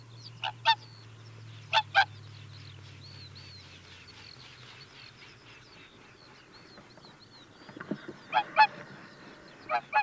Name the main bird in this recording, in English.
Whooper Swan